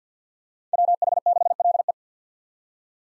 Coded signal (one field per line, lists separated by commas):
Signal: Morse code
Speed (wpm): 50 wpm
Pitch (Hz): 700 Hz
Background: none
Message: WH6LE